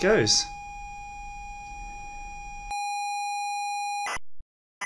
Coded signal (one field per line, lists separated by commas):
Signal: ZX Spectrum tape loading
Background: speech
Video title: ZX Spectrum +2 Audio modification - I CANT HEAR YOU!